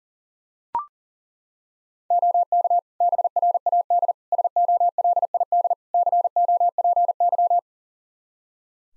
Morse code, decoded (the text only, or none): OK BRAD SOLID COPY